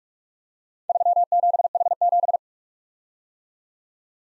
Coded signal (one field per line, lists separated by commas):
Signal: Morse code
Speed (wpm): 50 wpm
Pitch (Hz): 700 Hz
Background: none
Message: 37H7